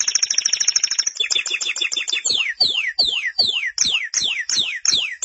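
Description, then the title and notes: Canary song: a quick high rattle, then a string of clear descending swooping whistles repeated about twice a second. "BM Suara Kenari. BM Suara Burung Kenari"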